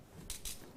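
A jewellery clasp snaps closed into its catch again, giving a short double metallic click at 0.3 s and 0.45 s, both bright and concentrated in the high frequencies. The clasp is confirmed seated, with a click that can be both heard and felt.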